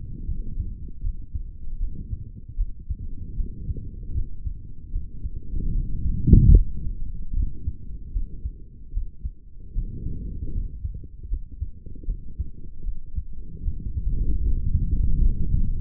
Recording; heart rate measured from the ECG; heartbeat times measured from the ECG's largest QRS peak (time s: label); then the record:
heart sounds by stethoscope; 76 bpm
0.26 s: heartbeat
1.01 s: heartbeat
1.78 s: heartbeat
2.56 s: heartbeat
3.35 s: heartbeat
4.13 s: heartbeat
4.91 s: heartbeat
5.71 s: heartbeat
6.52 s: heartbeat
7.32 s: heartbeat
8.11 s: heartbeat
8.92 s: heartbeat
9.73 s: heartbeat
10.52 s: heartbeat
11.28 s: heartbeat
12.05 s: heartbeat
12.83 s: heartbeat
13.62 s: heartbeat
14.41 s: heartbeat
15.18 s: heartbeat
From the record:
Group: healthy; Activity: rest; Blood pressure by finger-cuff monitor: 112/78 mmHg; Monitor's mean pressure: 86 mmHg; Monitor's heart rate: 77 bpm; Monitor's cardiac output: 3.6 L/min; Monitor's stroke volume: 46 mL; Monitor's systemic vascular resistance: 1750 dyn s/cm5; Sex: male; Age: 55 years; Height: 167 cm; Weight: 57.2 kg